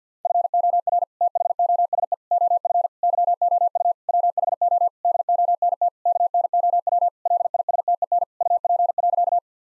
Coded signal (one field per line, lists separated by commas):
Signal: Morse code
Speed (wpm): 50 wpm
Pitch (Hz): 700 Hz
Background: none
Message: FOR THOSE OF YOU WHO DONT KNOW LISTEN UP.